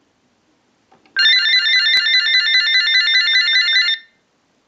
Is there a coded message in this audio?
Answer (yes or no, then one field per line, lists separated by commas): no